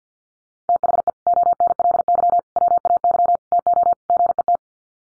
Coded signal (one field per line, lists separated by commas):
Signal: Morse code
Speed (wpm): 50 wpm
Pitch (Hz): 700 Hz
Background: none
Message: THE ONLY WAY TO GET